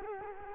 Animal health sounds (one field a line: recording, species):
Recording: mosquito wingbeat signal from an infrared sensor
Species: Culex quinquefasciatus